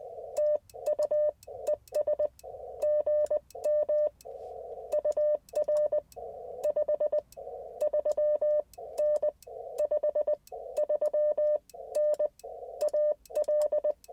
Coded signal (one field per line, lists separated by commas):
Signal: Morse code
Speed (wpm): 20 wpm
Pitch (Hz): 600 Hz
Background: none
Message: TU ES GM UR 53N 53N AL